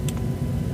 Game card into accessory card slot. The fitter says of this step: And you push it in just like you do into the Switch until you hear it click and it stays in.